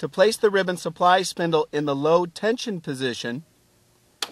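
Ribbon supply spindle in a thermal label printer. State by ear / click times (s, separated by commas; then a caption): seated / 4.2 s. Someone talks for most of the clip while the end of the ribbon supply spindle on a Zebra Z4Mplus thermal label printer is pushed in until it retracts into its low-tension position. After a quiet pause, a sharp tick-like click at 4.2 s marks the spindle snapping and locking into place.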